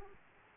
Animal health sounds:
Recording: mosquito wingbeat signal from an infrared sensor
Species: Aedes aegypti

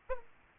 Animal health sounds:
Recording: mosquito wingbeat signal from an infrared sensor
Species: Aedes aegypti

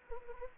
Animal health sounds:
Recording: mosquito wingbeat signal from an infrared sensor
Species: Anopheles arabiensis

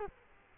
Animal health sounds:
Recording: mosquito wingbeat signal from an infrared sensor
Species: Culex quinquefasciatus

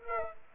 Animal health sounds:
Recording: mosquito wingbeat signal from an infrared sensor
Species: Aedes aegypti

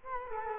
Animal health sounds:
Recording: mosquito wingbeat signal from an infrared sensor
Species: Culex quinquefasciatus

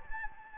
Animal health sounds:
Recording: mosquito wingbeat signal from an infrared sensor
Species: Anopheles gambiae

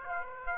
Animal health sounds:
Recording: mosquito wingbeat signal from an infrared sensor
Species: Aedes aegypti

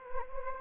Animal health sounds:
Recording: mosquito wingbeat signal from an infrared sensor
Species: Anopheles gambiae

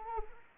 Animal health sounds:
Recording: mosquito wingbeat signal from an infrared sensor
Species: Anopheles arabiensis

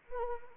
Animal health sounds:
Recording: mosquito wingbeat signal from an infrared sensor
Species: Anopheles arabiensis

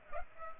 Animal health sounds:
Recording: mosquito wingbeat signal from an infrared sensor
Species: Culex pipiens

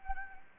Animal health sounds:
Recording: mosquito wingbeat signal from an infrared sensor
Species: Anopheles gambiae

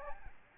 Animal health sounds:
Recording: mosquito wingbeat signal from an infrared sensor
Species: Aedes albopictus

